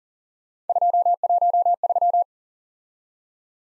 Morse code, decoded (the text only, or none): 213